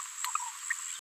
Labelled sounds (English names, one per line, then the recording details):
Green-rumped Parrotlet babbling
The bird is a female
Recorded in a nest box in Venezuela
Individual 17B73B2